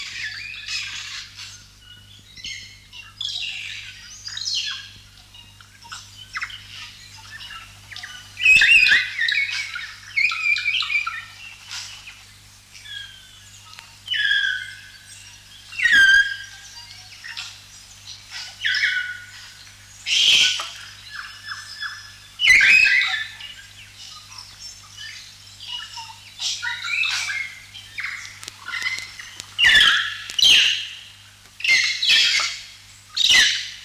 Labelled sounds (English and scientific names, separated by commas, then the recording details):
Kākā (Nestor meridionalis)
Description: Kākā: South Island kākā song
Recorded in New Zealand